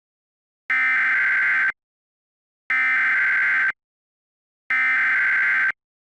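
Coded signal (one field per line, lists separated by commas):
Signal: Emergency Alert System (SAME) tones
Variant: header bursts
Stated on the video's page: Mock alert with valid tones, made with EAS Encoder software and Audacity.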